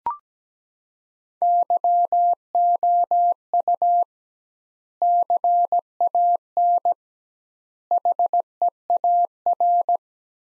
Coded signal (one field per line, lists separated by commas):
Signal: Morse code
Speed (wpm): 17 wpm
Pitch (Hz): 700 Hz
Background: none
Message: YOU CAN HEAR